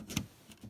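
A genuine plastic LEGO brick from the 75078 Imperial Troop Transport Battle Pack is pressed onto another brick to show the distinct sound and feel of genuine bricks seating. A sharp, bright click at 0.2 s marks the brick snapping into place, followed by a fainter tick near 0.5 s. The brick is seated with a firm, satisfying feel, unlike the softer, rubbery feel of fake bricks.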